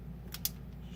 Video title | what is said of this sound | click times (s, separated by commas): Xbox One Elite controller bumper repair | so just snap right into place which see | 0.3 s, 0.4 s